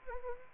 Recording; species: mosquito wingbeat signal from an infrared sensor; Anopheles arabiensis